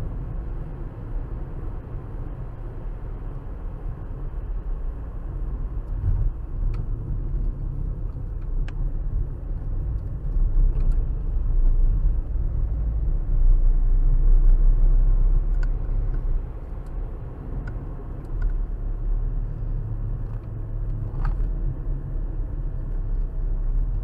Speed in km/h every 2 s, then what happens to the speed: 71, 71, 66, 55, 52, 52, 53, 61, 66, 61, 56, 60.
0-7 slows to 52. 7-12 steady at about 52. 12-15 speeds up to 66. 17-19 brakes to 56.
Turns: 6-16.